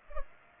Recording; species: mosquito wingbeat signal from an infrared sensor; Culex pipiens